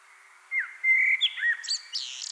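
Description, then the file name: Common blackbird song phrase: low fluty whistled notes near the start, then a high, squeaky twittering flourish at the end. "Turdus merula"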